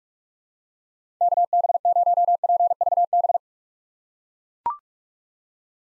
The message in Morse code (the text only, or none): KB0PVB